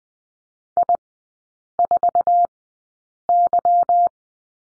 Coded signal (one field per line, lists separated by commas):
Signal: Morse code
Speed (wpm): 20 wpm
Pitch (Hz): 700 Hz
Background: none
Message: I4Y